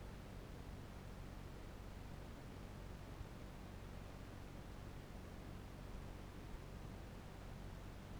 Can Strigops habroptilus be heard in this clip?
no